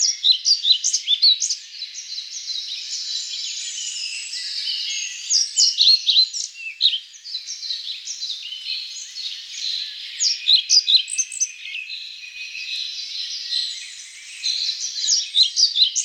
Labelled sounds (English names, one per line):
European Pied Flycatcher song